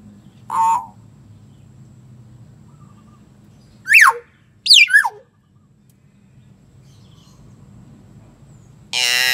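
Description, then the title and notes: Common hill myna giving a harsh squawk, then a pair of sharp whistles sweeping steeply downward, and a loud rasping burst at the end, with low background hum. "Kicau Burung Beo"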